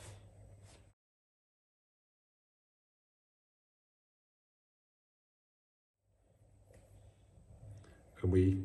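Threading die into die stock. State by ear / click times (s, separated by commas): not seated / none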